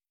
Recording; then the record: hydrophone in a shrimp aquaculture tank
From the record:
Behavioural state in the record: stressed